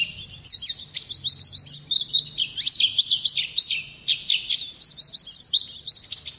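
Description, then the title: Oriental white-eye song, a fast, continuous high twittering of thin, sliding and chirping notes, delivered almost without pause. Song style called 'ngalas' in the local name. "Pleci. Placi Ngalas"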